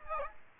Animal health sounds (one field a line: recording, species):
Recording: mosquito wingbeat signal from an infrared sensor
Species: Aedes aegypti